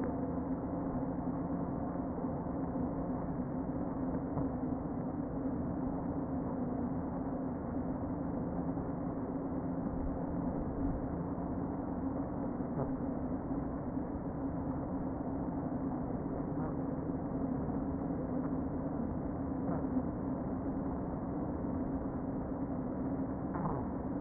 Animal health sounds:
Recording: honeybee colony, microphone inside the hive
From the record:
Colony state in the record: queen present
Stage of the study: before two queens were removed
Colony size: about 60,000 bees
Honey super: yes

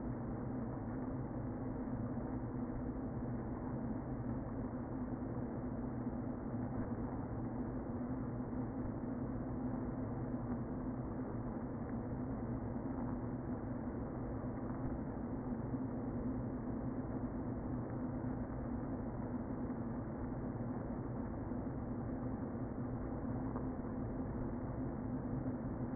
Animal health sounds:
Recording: honeybee colony, microphone inside the hive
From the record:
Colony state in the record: queen present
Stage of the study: before two queens were removed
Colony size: about 60,000 bees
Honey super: yes

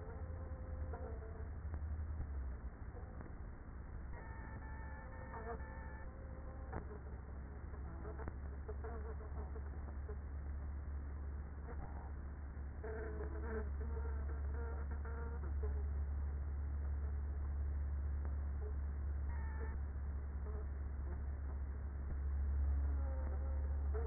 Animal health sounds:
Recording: honeybee colony, microphone inside the hive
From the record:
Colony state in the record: queenless with a low population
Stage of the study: after two queens were removed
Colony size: about 30,000 bees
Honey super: no

